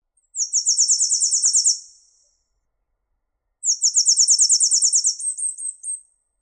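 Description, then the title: Bird trill, very high and rapid, a buzzy string of about a dozen notes lasting over a second, then silence and a second, longer trill. "LuckyPassaros CompletosSama"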